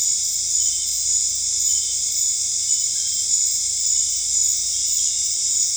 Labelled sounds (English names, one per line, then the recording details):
none
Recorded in dense forest near Puerto Asís, Putumayo, Colombia, on 26 December 2024 at 19:00
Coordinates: 0.485, -76.318
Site GP03